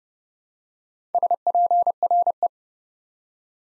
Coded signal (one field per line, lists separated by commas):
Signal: Morse code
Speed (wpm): 30 wpm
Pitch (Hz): 700 Hz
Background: none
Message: SPRE